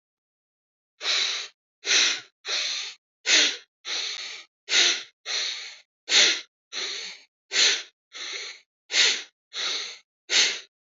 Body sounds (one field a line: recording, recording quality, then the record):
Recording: shallow breathing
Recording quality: excellent, no background noise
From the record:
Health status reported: healthy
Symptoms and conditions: hypertension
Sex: male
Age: 52 years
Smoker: not ticked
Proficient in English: no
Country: India